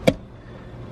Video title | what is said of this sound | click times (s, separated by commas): Boater Safety | It is now seated in place, and what I do is use the heel of my hand, and I'm going to push down on that T-bar, and it's going to snap and lock into place. | 0.1 s